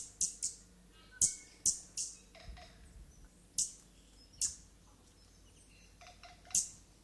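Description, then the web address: Stitchbird giving loud, snapping high notes at irregular intervals. New Zealand native bird; song. "native-animals birds bird-song stitchbird-song"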